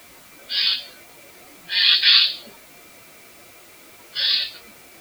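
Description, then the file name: Eurasian jay giving harsh, rasping screeches: a single call, a doubled screech a second later, then another single call after a pause. "Eichelhäher ruf"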